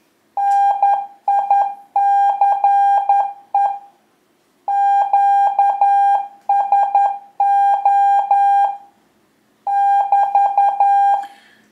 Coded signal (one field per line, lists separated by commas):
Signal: Morse code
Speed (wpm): 11 wpm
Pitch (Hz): 800 Hz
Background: none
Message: NICE QSO <BT>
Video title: La télégraphie pour les nuls : Les bases d'un QSO, les abréviations, le code Q.